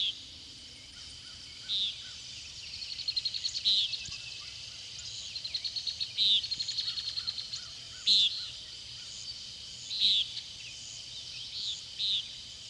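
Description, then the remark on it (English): A nighthawk calling from overhead gives sharp, burry calls, repeated about every two seconds, over a steady high insect drone and low background hum. “A nighthawk now calls from overhead with his sharp, burry note.”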